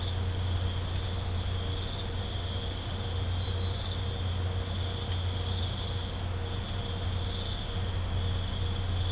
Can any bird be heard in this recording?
no